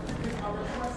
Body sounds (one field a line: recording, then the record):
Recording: background sound without coughing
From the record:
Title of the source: 60 minutes of coffee shop sounds for study and concentration